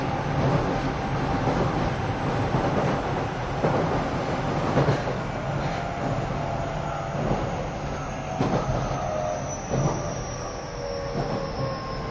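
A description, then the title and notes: A train runs steadily, its dense rumble and rattle holding a constant level throughout. Wheel clacks and jolts punctuate the noise every second or so, with thin metallic squeals and a high whine gliding slightly downward near the end. 京王5000系 ＂Mt TAKAO(マウント高尾)-01号＂. 新宿～高尾山口. It is a train running sound (still image) of "Mt TAKAO-01", which is the fastest train of the vehicle.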